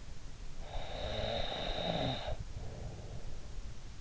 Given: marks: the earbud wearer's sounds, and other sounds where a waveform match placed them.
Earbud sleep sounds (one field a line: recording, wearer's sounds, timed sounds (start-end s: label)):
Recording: sounds in sleep by an in-ear microphone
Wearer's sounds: snoring breath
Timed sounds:
0.67-3.64 s: snoring breath